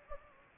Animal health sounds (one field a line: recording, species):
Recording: mosquito wingbeat signal from an infrared sensor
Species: Anopheles gambiae